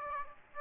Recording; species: mosquito wingbeat signal from an infrared sensor; Aedes aegypti